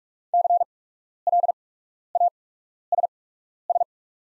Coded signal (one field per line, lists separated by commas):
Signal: Morse code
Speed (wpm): 44 wpm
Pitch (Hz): 700 Hz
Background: none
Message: CLASS